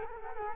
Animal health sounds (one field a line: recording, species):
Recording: mosquito wingbeat signal from an infrared sensor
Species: Culex quinquefasciatus